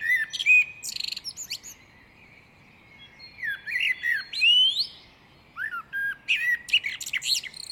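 Great tit calls: clear whistled notes and rising slurs among chirps, including one longer upward-sweeping whistle, in several short bursts.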